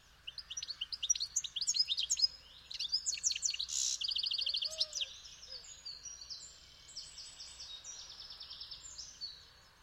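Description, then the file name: European goldfinch giving rapid, high, tinkling twitters and chirps, loud and dense for the first five seconds, then a softer run of repeated buzzy notes. "Carduelis carduelis"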